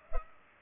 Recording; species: mosquito wingbeat signal from an infrared sensor; Culex pipiens